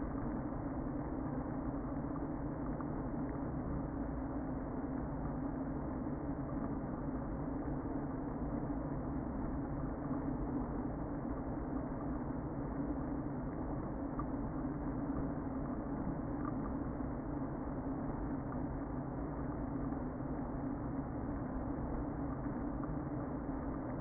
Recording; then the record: honeybee colony, microphone inside the hive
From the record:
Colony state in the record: queen present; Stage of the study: before two queens were removed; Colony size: about 60,000 bees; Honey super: yes